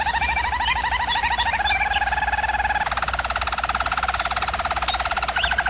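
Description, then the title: German Roller canary song, a smooth wavering roll that shifts near the midpoint into a fast, evenly pulsed rattle, with a constant low hum underneath. German Roller canary singing, for canary song training. "German Roller Canary Singing - Canary Training Vid"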